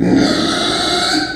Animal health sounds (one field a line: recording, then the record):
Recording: squeal of a Yucatan mini pig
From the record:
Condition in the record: before surgery on the right vocal fold (resection and tissue-engineered implant)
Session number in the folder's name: 3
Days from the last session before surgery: 0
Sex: female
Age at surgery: 19 weeks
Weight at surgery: 25 kg